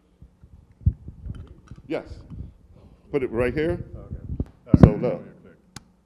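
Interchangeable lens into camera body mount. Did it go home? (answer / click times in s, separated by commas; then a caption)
yes / 5.8 s. An interchangeable lens is pushed and turned onto a camera body mount while people talk, with a few soft taps early on. A sharp click at 5.8 s marks the lens locking into place, showing it is seated and securely attached.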